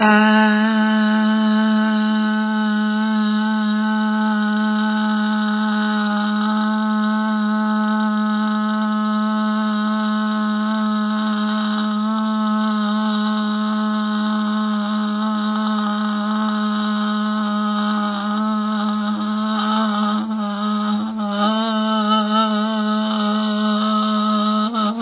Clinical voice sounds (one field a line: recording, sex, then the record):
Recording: sustained vowel /a/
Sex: female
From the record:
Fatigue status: no fatigue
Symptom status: asymptomatic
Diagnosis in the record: COVID-19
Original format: 3gp